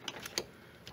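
A plastic electrical connector on a plug-and-play ignition coil harness is pushed one-handed onto its mating plug in a Miata engine bay. A few faint ticks come first, then a sharp click of engagement at 0.4 s, followed by a softer tick near the end. The connector is seated.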